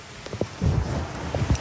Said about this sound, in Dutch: Het regent heel hard, wilt u niet even wachten?